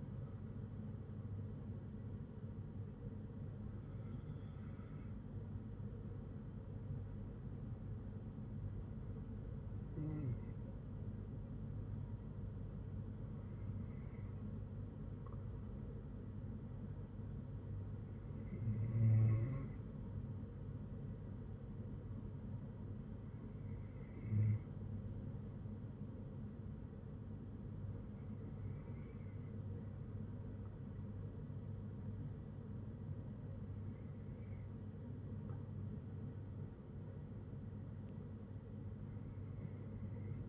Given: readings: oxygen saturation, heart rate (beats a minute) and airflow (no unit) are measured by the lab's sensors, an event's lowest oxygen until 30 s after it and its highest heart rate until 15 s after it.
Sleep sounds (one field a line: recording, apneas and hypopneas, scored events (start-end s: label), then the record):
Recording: breathing in sleep by a smartphone at the bedside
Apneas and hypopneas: none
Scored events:
none scored
From the record:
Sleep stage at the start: N2 (light sleep)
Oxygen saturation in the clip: 92 to 94%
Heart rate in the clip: 59 to 63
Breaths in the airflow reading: 8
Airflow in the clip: -7.0 to 5.3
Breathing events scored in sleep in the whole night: 182 in 7.4 hours asleep